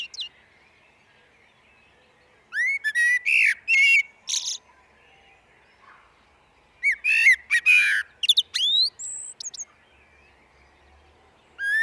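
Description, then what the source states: Common blackbird singing: two separate phrases, each opening with mellow fluted warbles and ending in high, squeaky twitters, with quiet pauses between. Recorded in a glen.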